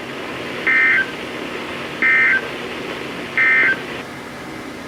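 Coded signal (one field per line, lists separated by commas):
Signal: Emergency Alert System (SAME) tones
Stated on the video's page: Alerts from Kentucky, Virginia and West Virginia weather radio transmitters on 162.425–162.550 MHz, received on many weather radios.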